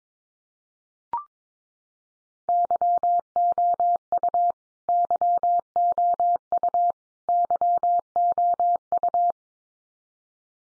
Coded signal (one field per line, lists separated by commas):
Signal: Morse code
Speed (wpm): 22 wpm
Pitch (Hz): 700 Hz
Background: none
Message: YOU YOU YOU